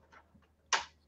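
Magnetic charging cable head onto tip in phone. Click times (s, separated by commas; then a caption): 0.7 s. A magnetic charging cable head is attached to the magnetic tip already sitting in a phone to charge it. After faint low background noise, a single sharp snap is heard at 0.7 s as it seats magnetically.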